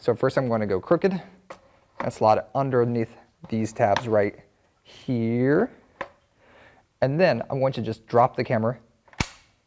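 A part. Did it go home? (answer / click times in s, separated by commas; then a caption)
yes / 9.2 s. A camera on a quick-release plate is slotted in at an angle under the tab of a Manfrotto 504X video tripod head, then dropped onto the head while someone talks. A sharp, loud click at 9.2 s marks the plate snapping in and locking into the tripod head.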